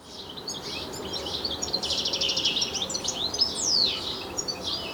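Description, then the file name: European Goldfinch twittering: liquid chirps and a short buzzy trill, then a bright sliding note. "Carduelis carduelis"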